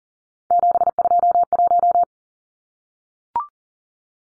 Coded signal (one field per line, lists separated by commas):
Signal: Morse code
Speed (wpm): 40 wpm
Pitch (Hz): 700 Hz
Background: none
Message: 721